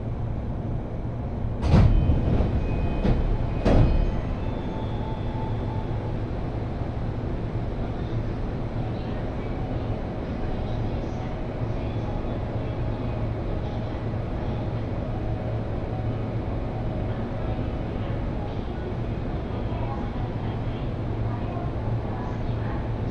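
A Jōban Line local train rides from Kita-Senju toward Abiko, with a steady low rumble and hum filling the whole clip. Two sharp clanks or bumps land around two and four seconds in, and faint voices and small rattles drift over the constant drone.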